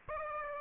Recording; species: mosquito wingbeat signal from an infrared sensor; Aedes aegypti